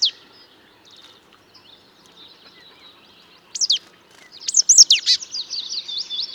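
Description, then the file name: Marsh tit calls: faint thin notes, then loud, high, swooping chirps and a buzzy phrase at the end. "Poecile palustris"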